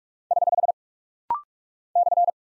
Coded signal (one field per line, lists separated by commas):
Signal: Morse code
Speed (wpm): 44 wpm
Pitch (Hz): 700 Hz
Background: none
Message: <HH> /